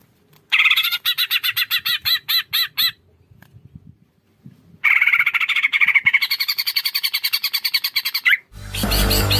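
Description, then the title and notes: Greater green leafbird song: bursts of rapid, repeated bright chirping notes, a pause with faint low rustling, then a longer warbling run ending in a sudden loud noise. Bird-training masteran and pancingan (lure) song of a greater green leafbird singing actively (gacor). "Masteran & Pancingan Cucak Ijo Gacor. Burung Cucak Ijo"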